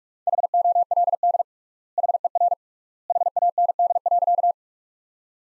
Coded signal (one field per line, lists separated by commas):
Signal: Morse code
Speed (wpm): 42 wpm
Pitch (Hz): 700 Hz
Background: none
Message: HOLD HER HAND.